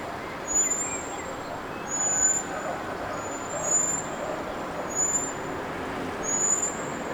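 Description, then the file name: Common blackbird producing five thin, very high whistled calls spaced a second or so apart, each a short sliding note, over a continuous noisy background. "Turdus merula"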